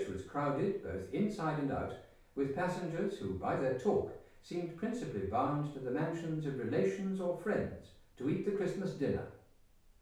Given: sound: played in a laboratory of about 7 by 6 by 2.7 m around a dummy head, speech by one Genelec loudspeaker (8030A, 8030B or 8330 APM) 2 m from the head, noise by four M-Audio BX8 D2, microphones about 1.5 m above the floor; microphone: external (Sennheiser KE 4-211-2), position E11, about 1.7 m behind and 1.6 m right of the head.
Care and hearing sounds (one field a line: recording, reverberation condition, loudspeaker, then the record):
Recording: male speech in English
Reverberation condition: medium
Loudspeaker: 150 degrees to the left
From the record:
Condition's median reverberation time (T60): about 510 ms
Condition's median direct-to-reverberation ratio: about -0.5 dB